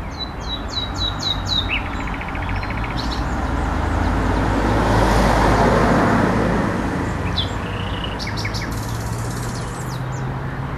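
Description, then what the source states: Nightingale song of repeated piping notes and a buzzy trill, interrupted by a passing vehicle's swelling roar, then further sharp repeated notes. La Vavrette, 14 May 2016; recorded on an MZ-N 710 recorder.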